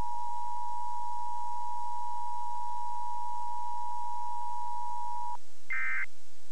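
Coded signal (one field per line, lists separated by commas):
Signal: Emergency Alert System (SAME) tones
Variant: 853 and 960 Hz attention tone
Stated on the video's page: Sage Alerting Systems ENDEC 1822 sending a Required Monthly Test in a closed-circuit setup, not transmitted, with a crawl from a Keywest Technology 840 character generator.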